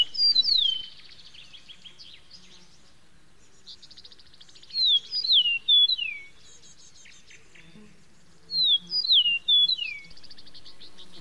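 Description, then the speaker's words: Western Meadowlark song, three bright phrases of slurred descending whistles, about four seconds apart. Singing in springtime, in a backyard. "We're out here in the backyard of the Bartell home. Listen. It's the sound of a meadowlark in springtime."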